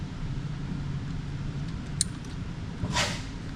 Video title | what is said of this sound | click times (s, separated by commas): Ford F-150 Behind the Seat Stereo Package Installation | pull all that back through and then that snaps back | 2.0 s